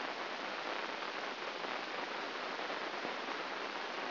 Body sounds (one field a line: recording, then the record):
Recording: brain microelectrode recording played as sound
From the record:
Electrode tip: inside the subthalamic nucleus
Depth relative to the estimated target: 0 mm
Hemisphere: left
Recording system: AlphaMap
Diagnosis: Parkinson's disease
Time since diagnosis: 12 years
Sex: male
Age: 57 years